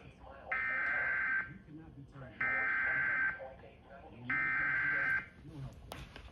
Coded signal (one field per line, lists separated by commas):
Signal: Emergency Alert System (SAME) tones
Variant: header bursts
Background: speech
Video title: (EAS #32) Flash Flood Warning on Atlanta's CW (finally recieves messages!) (slight fail)